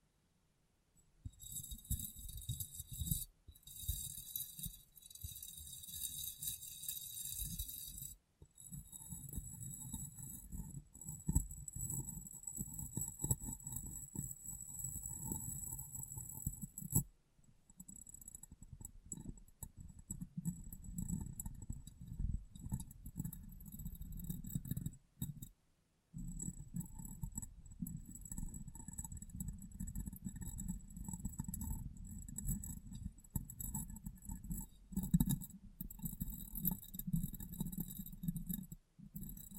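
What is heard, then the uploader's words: Tapping and cleaning on glass, with a dense, busy stream of low thuds and rubbing that runs almost without pause. Bright clinks and sharp ticks sit above it throughout. Brief silent gaps fall near 8, 17 and 26 seconds. ASMR Glass Brain Tapping & Cleaning (No Talking).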